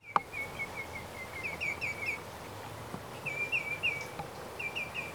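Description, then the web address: Common greenshank song, bursts of quick looping whistled notes, several each second, with pauses between the bursts, a sharp click near the start and faint background noise. "bird song aoasisigi"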